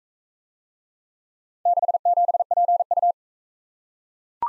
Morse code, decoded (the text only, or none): 67PU